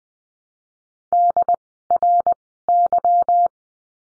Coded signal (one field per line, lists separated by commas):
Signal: Morse code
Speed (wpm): 19 wpm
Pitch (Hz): 700 Hz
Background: none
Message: DRY